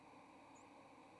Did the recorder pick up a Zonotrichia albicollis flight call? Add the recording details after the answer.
no. Another species' flight call is heard. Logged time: 09:20 on 30 October 2014